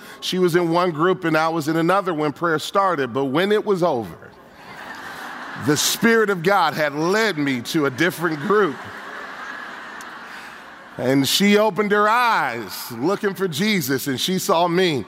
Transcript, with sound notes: She was in one group and I was another when prayer started, but when it was over... the Spirit of God had led me to a different group! (laughter) She opened her eyes looking for Jesus, and she saw me.